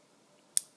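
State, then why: Seated. The keypad cable's plug is pushed into the socket on an S&G Titan D-Drive electronic safe lock mechanism. After a quiet lead-in, a single sharp, loud click rings out at 0.6 s and fades quickly as the connector snaps fully in place.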